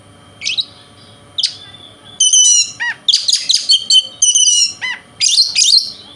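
Oriental magpie-robin delivering a fast, scratchy medley of harsh chattering notes mixed with bright whistles, broken by short gaps.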